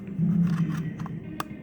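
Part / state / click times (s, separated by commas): wiring loom plug into door speaker connector / seated / 1.4 s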